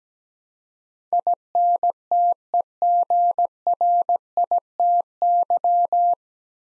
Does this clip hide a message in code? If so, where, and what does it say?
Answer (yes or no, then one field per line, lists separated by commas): yes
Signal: Morse code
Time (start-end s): 1.1-6.1 s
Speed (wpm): 17 wpm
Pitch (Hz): 700 Hz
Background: none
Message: INTEGRITY